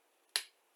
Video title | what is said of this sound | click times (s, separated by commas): Part 1: Revell (Monogram) 1/32 (1973?) Mack R-Model (685?) Truck Build | and there we hear it snap right in there there we go | 0.4 s